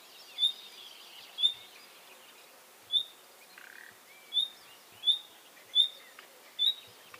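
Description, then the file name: Common nightingale uttering thin high whistled notes at uneven intervals, plus one short grating croak, over a noticeable hiss of background noise. "Luscinia megarhynchos"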